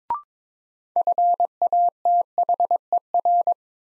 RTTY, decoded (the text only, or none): none